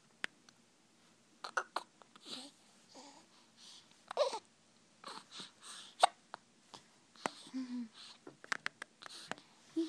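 Sharp, brief hiccup clicks recur irregularly among soft breaths and small baby sounds; ordinary infant hiccups.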